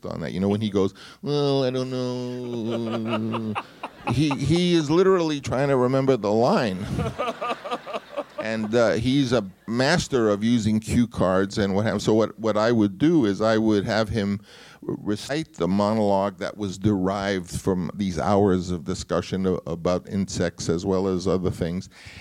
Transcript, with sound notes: You know, when he goes: Oh, I don't know...
(SOUNDBITE OF LAUGHTER)
He is literally trying to remember the line.
(SOUNDBITE OF LAUGHTER)
And he's a master of using cue cards and what happened... And so what I would do, is I would have him recite the monologue that was derived from these hours of discussion about insects, as well as other things.